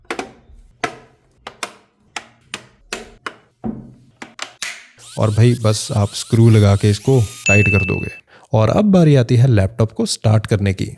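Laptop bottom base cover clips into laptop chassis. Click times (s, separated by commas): 0.1 s, 0.8 s, 1.6 s, 2.2 s, 2.9 s, 4.6 s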